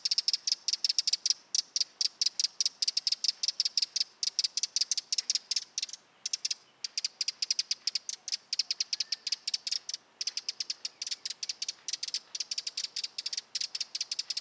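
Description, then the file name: Eurasian wren keeping up fast, dry, high ticking rattles for about fourteen seconds, runs interrupted by occasional short pauses, against faint background hiss. Nominate subspecies Troglodytes troglodytes troglodytes. "Vogelstimme Zaunkoenig - Eurasian Wren - Troglodytes troglodytes troglodytes"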